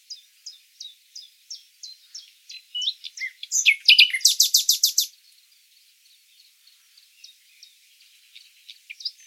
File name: Luscinia megarhynchos